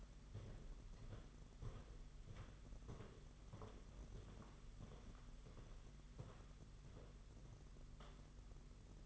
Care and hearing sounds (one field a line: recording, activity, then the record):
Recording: daily activity, microphone in the room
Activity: walk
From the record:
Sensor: 4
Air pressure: 992.4 hPa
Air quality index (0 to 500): 127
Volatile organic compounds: 40 ppm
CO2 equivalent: 3144 ppm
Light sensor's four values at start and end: 20/72/26/27 and 20/72/26/27